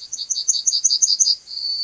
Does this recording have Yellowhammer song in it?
yes